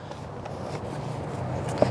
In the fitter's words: you'll hear it click distinctively when it closes